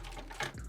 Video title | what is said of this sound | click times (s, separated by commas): Back When Upgrade Kits Were Good - #transformers Fansproject Paralax Hot Rod/Rodimus | this piece right here, you're going to take this, it's going to hug his crotch and then come in and clip around the upper torso section here. | 0.4 s